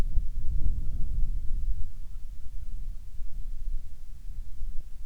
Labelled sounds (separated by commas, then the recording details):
bird, wind
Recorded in the Prudhoe Bay oil fields, Alaska, on 7 August 2019 at 04:53
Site 13